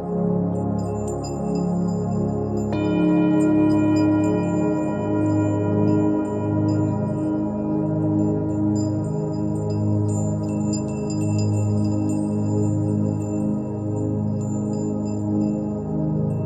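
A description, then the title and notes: A singing bowl hums at 417 Hz, a deep, steady drone with a slow pulsing wobble in the low tones. Near three seconds a fresh strike adds a brighter ring that lingers, with faint high glints above throughout. 417hz singing bowl.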